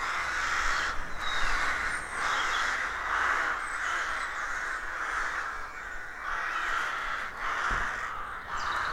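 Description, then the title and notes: Rooks calling en masse, harsh caws pulsing in irregular bursts, with a low knock near the end and faint background hum. Rook colony of more than 300 birds nesting in a dozen roadside trees, deeply rural County Armagh woodland, early spring; pairs greeting, squabbling with neighbours as first chicks hatch. "Sound Escape 113: Enjoy the stirring cacophony of a rook colony. We wandering in deeply rural County Armagh. It's early spring and the rooks rule the woodlands. BBC Countryfile Magazine's Sound Escapes"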